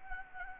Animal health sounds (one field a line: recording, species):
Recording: mosquito wingbeat signal from an infrared sensor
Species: Anopheles gambiae